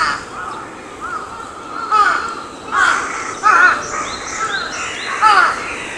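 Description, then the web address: Crow calls spaced a second or so apart, several hoarse caws rising above a steady background hiss. Recorded 14 May 2022. "sound 20220514 カラス"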